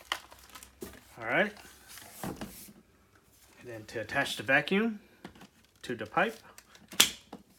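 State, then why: Seated. The handheld body of a WOWGO cordless stick vacuum is pushed onto the top of its extension tube while someone talks. A sharp click at 7.0 s marks it seating firmly, confirmed as locked onto the wand.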